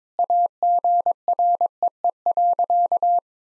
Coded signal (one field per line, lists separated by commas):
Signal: Morse code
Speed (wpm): 22 wpm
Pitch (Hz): 700 Hz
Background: none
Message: AGREE.